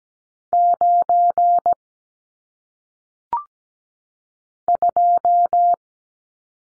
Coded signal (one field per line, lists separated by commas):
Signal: Morse code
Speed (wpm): 17 wpm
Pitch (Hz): 700 Hz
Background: none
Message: 9 2